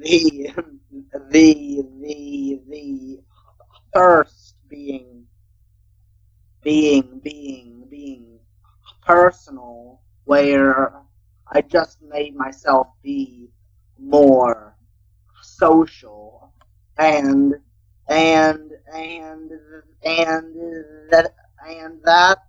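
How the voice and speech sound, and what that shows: A 16-year-old boy who stutters, from northern New Jersey, speaking in an interview after a stuttering conference. His speech has repeated words and sounds, stretched vowels and many long silent pauses between words: a stutter disrupting speech flow.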